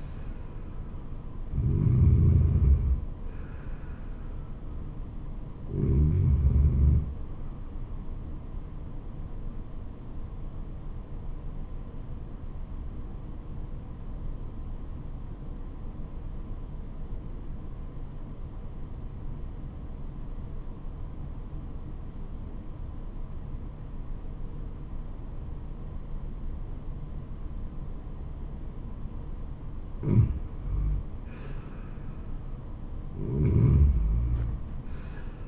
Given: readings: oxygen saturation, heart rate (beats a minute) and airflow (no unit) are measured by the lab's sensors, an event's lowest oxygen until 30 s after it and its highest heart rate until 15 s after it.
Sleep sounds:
breathing in sleep by a smartphone at the bedside; 1
14.00-31.40 s: obstructive apnea (REM, oxygen 97% highest, then 86% lowest, heart rate 78 at the start, 78 highest)
From the record:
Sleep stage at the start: REM sleep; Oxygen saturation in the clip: 84 to 97%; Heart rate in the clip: 69 to 79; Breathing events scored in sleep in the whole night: 426 in 7.4 hours asleep

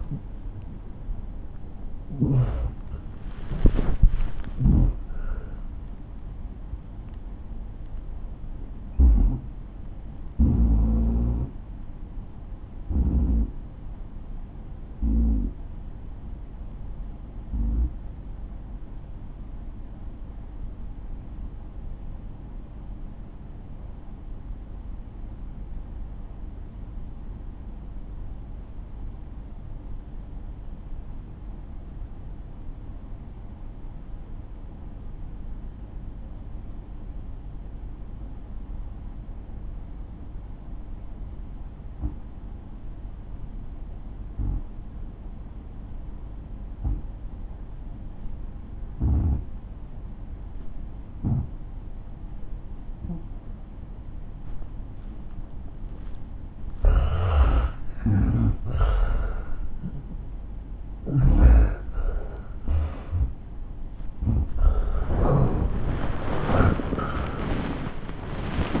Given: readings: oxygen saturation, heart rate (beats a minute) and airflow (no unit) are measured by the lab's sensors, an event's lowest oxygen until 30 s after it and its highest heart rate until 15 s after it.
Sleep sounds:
breathing in sleep by a smartphone at the bedside; 1
10.00-56.00 s: obstructive apnea (N1, oxygen 96% highest, then 87% lowest)
18.00-48.00 s: new sleep stage, N2 (light sleep)
48.00-68.80 s: new sleep stage, N1 (lightest sleep)
From the record:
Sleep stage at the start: N1 (lightest sleep); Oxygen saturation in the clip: 80 to 96%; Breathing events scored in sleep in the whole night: 217 in 6.3 hours asleep

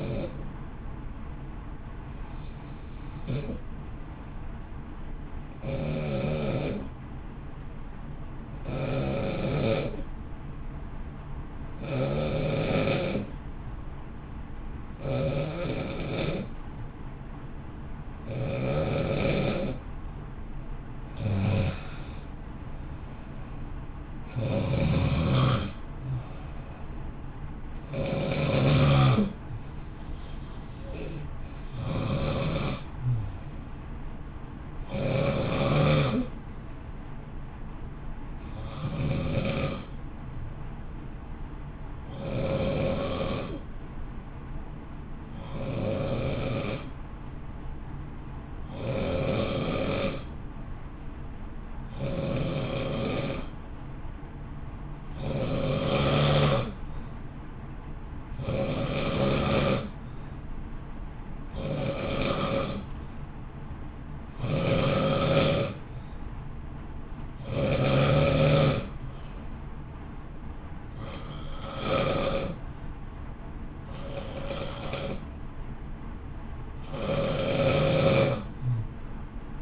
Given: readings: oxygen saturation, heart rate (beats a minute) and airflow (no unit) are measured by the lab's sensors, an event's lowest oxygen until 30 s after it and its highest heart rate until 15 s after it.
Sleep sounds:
breathing in sleep by a smartphone at the bedside; 2
4.00-23.30 s: hypopnea (N1, oxygen 95% highest, then 90% lowest, heart rate 56 at the start, 62 highest)
41.00-71.00 s: new sleep stage, N2 (light sleep)
50.00-63.60 s: hypopnea (N2, oxygen 95% highest, then 90% lowest, heart rate 55 at the start, 59 highest)
71.00-79.62 s: new sleep stage, N1 (lightest sleep)
From the record:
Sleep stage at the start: N1 (lightest sleep); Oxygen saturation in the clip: 90 to 95%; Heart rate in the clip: 54 to 62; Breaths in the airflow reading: 31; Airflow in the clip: -0.8 to 0.7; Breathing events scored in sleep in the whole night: 328 in 6.3 hours asleep

